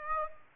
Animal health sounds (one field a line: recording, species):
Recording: mosquito wingbeat signal from an infrared sensor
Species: Aedes aegypti